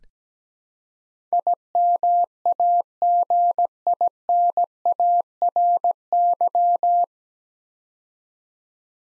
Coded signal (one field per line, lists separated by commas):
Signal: Morse code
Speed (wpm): 17 wpm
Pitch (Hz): 700 Hz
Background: none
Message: IMAGINARY